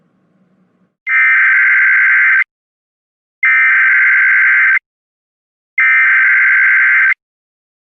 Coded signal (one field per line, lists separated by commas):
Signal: Emergency Alert System (SAME) tones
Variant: header bursts